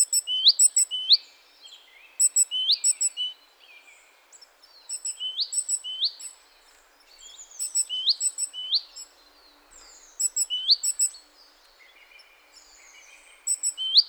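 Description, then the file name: Great tit giving bursts of high, rapid ticking notes and sharp upslurred chips, clusters every couple of seconds, fairly busy and repetitive throughout. "Parus major"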